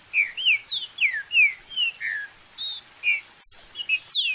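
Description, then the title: Green-winged saltator song: a quick series of clear, slurred whistled notes, some rising and some falling, delivered almost without pause in a quiet background. Classic song style (canto clássico), for training. "Canto Clássico Trinca Ferro TREINAMENTO"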